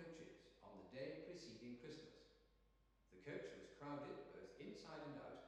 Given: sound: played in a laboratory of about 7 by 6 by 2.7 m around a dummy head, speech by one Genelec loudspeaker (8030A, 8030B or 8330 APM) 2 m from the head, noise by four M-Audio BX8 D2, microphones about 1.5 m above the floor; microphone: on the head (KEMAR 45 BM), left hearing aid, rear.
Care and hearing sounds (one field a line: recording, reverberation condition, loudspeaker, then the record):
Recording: male speech in English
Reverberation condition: high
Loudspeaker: in front (0 degrees)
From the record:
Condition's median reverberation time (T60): about 1300 ms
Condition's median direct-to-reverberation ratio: about -4.0 dB